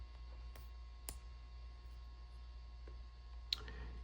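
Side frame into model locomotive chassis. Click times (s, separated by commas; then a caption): 1.1 s, 3.5 s. Plastic side frames of a model train locomotive are slid into the chassis and pressed into place against a low steady hum. Faint ticks are followed by a sharp click at 1.1 s and a louder one at 3.5 s, and the side frames are seated.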